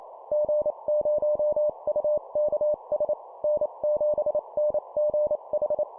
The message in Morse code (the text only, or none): G0UKS N7NGH